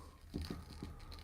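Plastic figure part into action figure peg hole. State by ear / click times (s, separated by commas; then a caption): not seated / none. A plastic peg or part is pushed into the peg hole of a Four Horsemen Figura Obscura Headless Horseman collectible action figure, making soft patter-like scraping and light plastic taps. The part teeters and won't snap into place, so nothing has seated or clicked yet.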